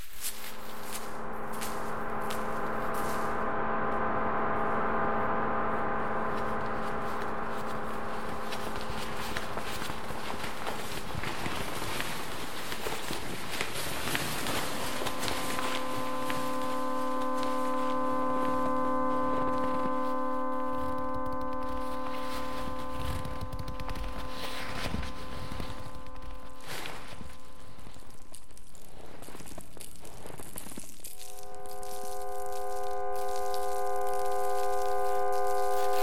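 A generative ambient piece in which sustained synthesized chords hold for long stretches, shifting at about 15 and 31 seconds. Beneath and between them, crackling, rustling textures like crumpled paper or crunching snow come and go, thickest around the middle.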